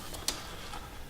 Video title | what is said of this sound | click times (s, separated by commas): Spark Plug Wire Replacement - Dodge Neon | now I'm going to press them down until I feel and hear and audible click letting it me know it's made good contact with a spark plug | 0.3 s